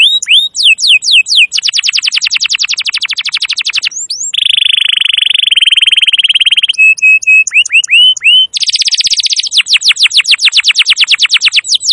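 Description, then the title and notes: Canary song with a few swooping notes, a long dense rolling trill, a sustained buzzy tour, clear whistled notes, then more rapid trills. Masteran recording of a canary singing continuously (gacor), used to lure wild canaries. "Pikat Kenari GACOR PANJANG INI Cocok Untuk Masteran KENARI LIAR. Masteran burung kenari gacor parah"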